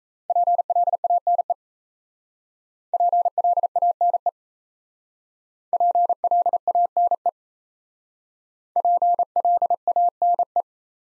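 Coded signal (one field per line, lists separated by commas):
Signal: Morse code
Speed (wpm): 35 wpm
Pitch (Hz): 700 Hz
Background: none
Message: PLANE PLANE PLANE PLANE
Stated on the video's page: Top 500 words Morse drill in speed-racing format, starting fast and slowing to a 28 wpm base.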